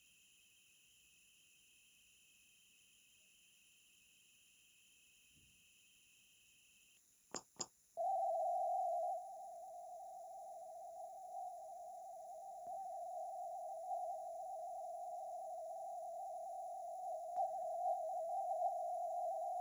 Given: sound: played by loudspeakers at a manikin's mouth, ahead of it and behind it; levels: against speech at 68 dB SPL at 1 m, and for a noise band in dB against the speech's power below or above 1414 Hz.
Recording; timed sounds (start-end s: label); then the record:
test signals for a remote microphone
0.00-6.97 s: noise band at 2828 Hz, as loud as that band is in speech
7.34 s: click
7.59 s: click
7.97-12.67 s: noise band at 707 Hz, -10 dB
12.67-17.36 s: noise band at 707 Hz, -5 dB
17.36-19.61 s: noise band at 707 Hz, 0 dB
From the record:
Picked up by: remote microphone A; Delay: 47 ms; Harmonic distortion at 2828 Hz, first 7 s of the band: under -16 dB (system noise only)